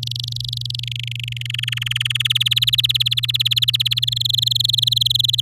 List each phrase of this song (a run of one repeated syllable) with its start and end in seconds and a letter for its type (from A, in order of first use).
0.00-0.80 A, 0.83-1.47 B, 1.49-2.27 C, 2.30-3.99 D, 4.02-5.41 E